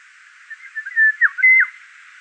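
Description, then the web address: Eurasian golden oriole fluting a melodious phrase, soft opening notes then looping downward slurs and a steady whistle, over a faint hiss. Song recorded in Wiesloch. "Wiesloch Pirol Gesang"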